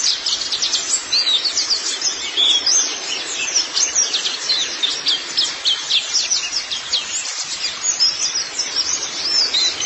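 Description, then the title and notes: White-eye song: a dense, continuous run of high, thin twittering notes and quick chirps with no pauses, over a faint background hiss. "Kicauan Burung Pleci Durasi Panjang. Suara kicauan burung pleci"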